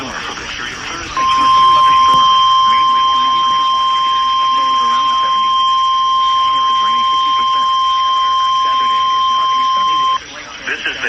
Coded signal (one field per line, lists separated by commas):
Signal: Emergency Alert System (SAME) tones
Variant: 1050 Hz attention tone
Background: speech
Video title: Tests & Storms Episode 16: Perfect Return From The East - 8/2/2023